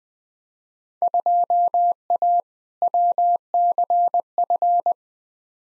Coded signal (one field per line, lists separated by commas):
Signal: Morse code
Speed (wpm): 21 wpm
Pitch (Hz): 700 Hz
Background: none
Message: 2A WCF